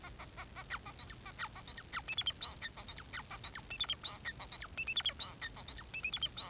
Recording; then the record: song of a male Bengalese finch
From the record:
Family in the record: son of father 4